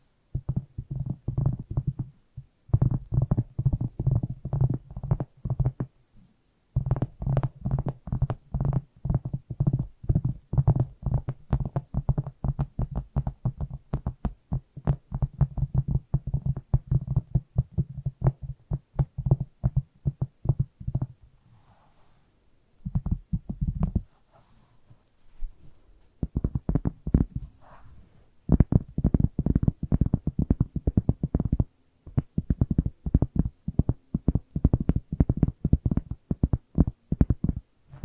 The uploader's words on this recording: ASMR Irresistible Tapping. No Talking.